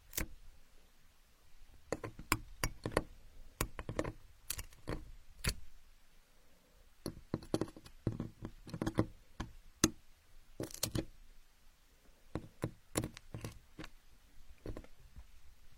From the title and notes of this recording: Asmr, playing with building blocks.